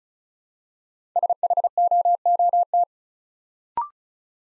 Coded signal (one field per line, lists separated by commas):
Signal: Morse code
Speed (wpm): 36 wpm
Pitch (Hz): 700 Hz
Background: none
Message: SHOOT